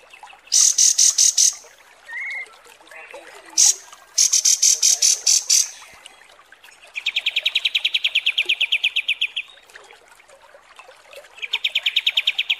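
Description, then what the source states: Kapas tembak calls: a burst of loud high rapid chirps, a short whistle, another chirp burst, then two long fast pulsed trills with a gap between. Masteran tutor song for training cage birds, described as deluxe (mewah).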